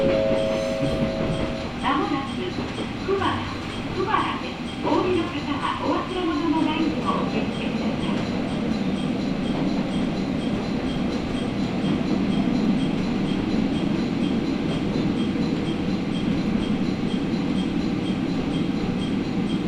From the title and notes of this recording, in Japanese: 松浦鉄道 松浦→伊万里。松浦から伊万里は海岸線に沿ったりしながら磁器で有名な伊万里へ向かいます。